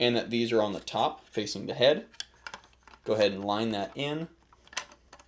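Someone talks while lining up a plastic shield's four pegs with a Hasbro Lightning Collection Astro Megazord transforming robot toy, with soft plastic handling taps and ticks between the words. The shield is only being positioned and has not clicked into place or seated yet.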